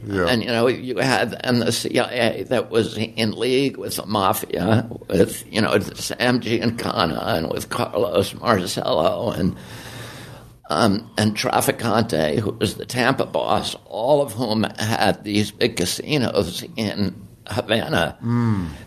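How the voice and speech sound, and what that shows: Adult male speech with a rough, creaky, strained voice and tremulous breaks, typical of spasmodic dystonia, which began at age 42 after a previously very strong voice. The voice trembles most on first starting to talk and is worse in the morning, as here, usually improving as the voice warms up.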